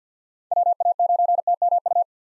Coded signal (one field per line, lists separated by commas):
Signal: Morse code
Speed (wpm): 46 wpm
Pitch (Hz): 700 Hz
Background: none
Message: WA9TMU